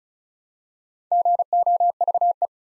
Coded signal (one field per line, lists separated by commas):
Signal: Morse code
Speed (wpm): 36 wpm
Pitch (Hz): 700 Hz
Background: none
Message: GOVE